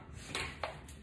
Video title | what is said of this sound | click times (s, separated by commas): Norwex Mop | So not only does our mop lock into place here, so you can lock this into place, so then you can attach this | 0.6 s